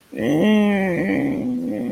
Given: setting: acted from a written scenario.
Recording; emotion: vocal sound without words; embarrassment